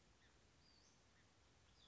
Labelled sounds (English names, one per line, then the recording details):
Western Flycatcher
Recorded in Sonoma County, California